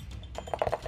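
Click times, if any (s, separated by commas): none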